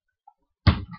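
The plastic trailer section of a transforming toy robot is pushed into its slot on the combined Energon Magnus and Armada Prime figure. After a faint tick at 0.3 s, a sharp, low-heavy hit lands at 0.7 s with a short rattling tail. The trailer section clicks and seats in place.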